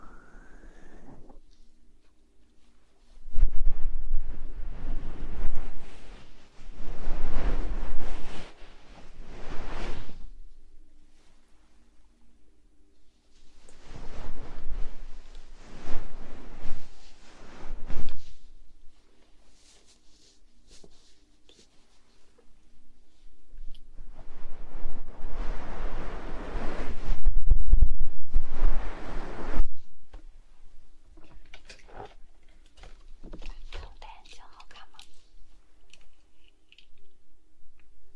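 Soft blowing into the ears comes in long breathy gusts, roughly 3 to 10 seconds, 13 to 18, and 24 to 30, each swelling into a full rushing hiss. Between the gusts a quiet steady hum sits underneath, with faint scattered rustles near the end.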